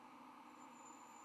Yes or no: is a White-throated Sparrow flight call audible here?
no